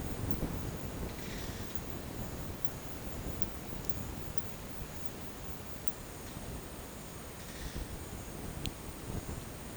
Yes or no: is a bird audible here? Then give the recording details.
no. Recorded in dense forest near Puerto Asís, Putumayo, Colombia, on 22 December 2024 at 11:00. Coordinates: 0.484, -76.317. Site G026